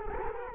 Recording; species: mosquito wingbeat signal from an infrared sensor; Culex quinquefasciatus